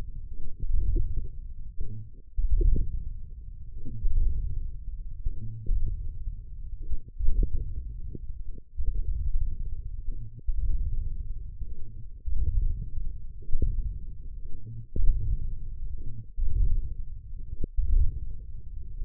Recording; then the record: forearm muscle sounds (acoustic myography)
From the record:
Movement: ulnar deviation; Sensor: system 1, eight BSWA MPA416 microphones around the upper forearm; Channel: 7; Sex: male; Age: 20 years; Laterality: left